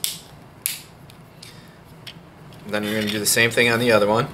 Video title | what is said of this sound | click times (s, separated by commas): Mousetrap Car Video #4 (Attaching the Back Wheels) | going to use four fingers and push right at the center and push down until you hear a snap. | 0.0 s, 0.7 s